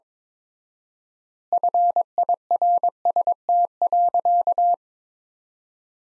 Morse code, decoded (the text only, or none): FIRST.